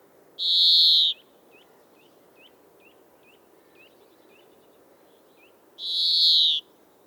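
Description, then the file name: European greenfinch repeating a long wheezy note twice, with soft quick chips in between. "Chloris chloris"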